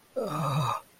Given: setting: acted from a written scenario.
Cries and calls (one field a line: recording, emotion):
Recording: vocal sound without words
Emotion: guilt